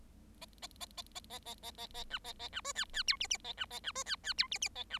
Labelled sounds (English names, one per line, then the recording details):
Bengalese Finch song
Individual Bird7